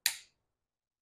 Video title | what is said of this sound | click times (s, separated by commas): Carls Tips: Changing Wiperblades on a Nissan Rouge | then it's locked into place so you can see it just takes about two it um | 0.1 s